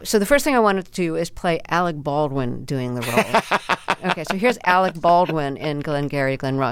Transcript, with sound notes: So the first thing I wanted to do is play Alec Baldwin doing the role. (Laughter) OK. So here's Alec Baldwin in "Glengarry Glen Ross."